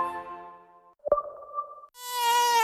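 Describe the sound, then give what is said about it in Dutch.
A mosquito's high, thin whine buzzes steadily, shifting pitch as it goes, broken by a brief sharp click partway through before the droning resumes, brighter and louder, with no talking. “Muggensteek of insectenbeet?”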